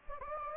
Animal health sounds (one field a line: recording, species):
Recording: mosquito wingbeat signal from an infrared sensor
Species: Anopheles gambiae